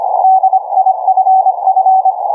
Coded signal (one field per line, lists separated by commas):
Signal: Morse code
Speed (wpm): 25 wpm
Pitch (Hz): 760 Hz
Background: none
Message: DIFF